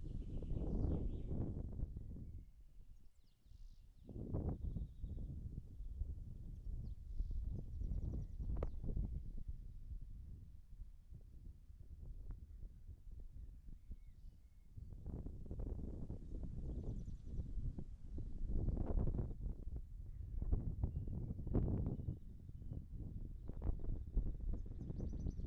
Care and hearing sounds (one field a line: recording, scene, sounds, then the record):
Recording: everyday scene through a hearing-aid microphone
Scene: wind on the microphone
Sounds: wind, birds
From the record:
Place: in front of a rural house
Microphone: behind the ear, right, rear